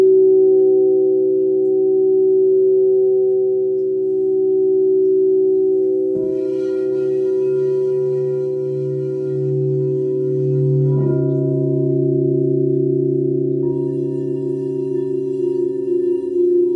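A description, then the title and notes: Crystal singing bowls, a C bowl with F and rose quartz bowls, sound together in a steady, sustained drone of pure, layered tones. New bowls are struck near 6 and 11 seconds, adding brighter shimmering overtones, and another higher tone enters around 14 seconds. This meditation focuses on 16 C bowl, several F bowls and Rose Quartz bowls.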